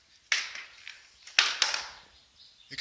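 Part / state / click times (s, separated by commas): plastic side panel clipped to motorcycle frame / released / 0.3 s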